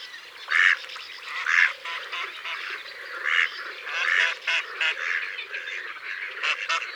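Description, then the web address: Mallard quacks: loud harsh nasal calls stand out at irregular intervals, about one every second or so, over steady background chatter. "Canard-colvert abc-de-la-nature"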